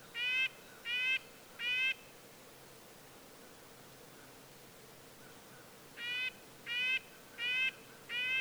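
Red-breasted nuthatch calling short nasal, horn-like notes, a trio of them, a pause of several seconds, then four more in quick succession.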